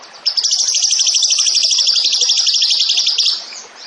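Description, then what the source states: Zebra finch song: a dense, buzzy, high-pitched trill held steadily for about three seconds, then cut off abruptly. Masteran, a training recording for songbirds; the bird is described as gacor, singing vigorously.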